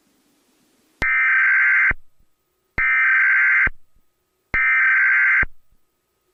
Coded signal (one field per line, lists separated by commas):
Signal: Emergency Alert System (SAME) tones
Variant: header bursts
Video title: Emergency Alert System 11/09/11 November 09 2011